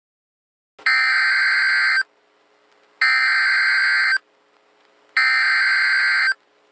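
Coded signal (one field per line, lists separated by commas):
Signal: Emergency Alert System (SAME) tones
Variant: header bursts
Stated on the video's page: Fictional analog-horror EAS scenario about a failed weather-control experiment.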